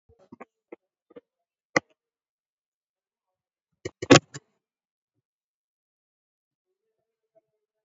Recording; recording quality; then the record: shallow breathing; poor, much background noise or distortion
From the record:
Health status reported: COVID-19 positive, mild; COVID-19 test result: positive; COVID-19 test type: RT-PCR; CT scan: taken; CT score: 6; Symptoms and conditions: cough, cold, fatigue, muscle pain, another respiratory illness, hypertension, diabetes, ischaemic heart disease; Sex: female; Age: 63 years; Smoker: no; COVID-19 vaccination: both doses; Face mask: worn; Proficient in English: yes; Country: India